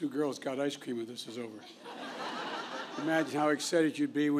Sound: laughter

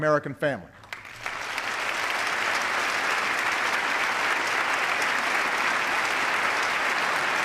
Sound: applause

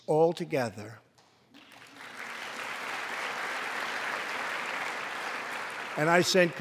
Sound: applause

